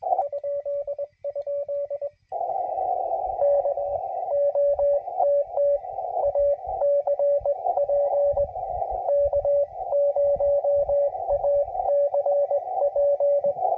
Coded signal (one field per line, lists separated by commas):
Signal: Morse code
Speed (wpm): 21 wpm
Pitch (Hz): 560 Hz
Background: radio noise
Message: ?? N OTT ACP K0ACP